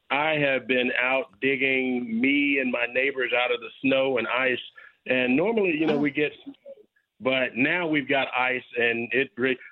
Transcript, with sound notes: I have been out digging me and my neighbors out of the snow and ice. And normally-
(laughs) .
... you know, we get snow, but now we've got ice and it